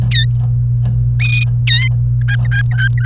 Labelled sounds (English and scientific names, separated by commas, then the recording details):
Domestic Canary (Serinus canaria) song
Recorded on 28 April 2018 at 18:11
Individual llb3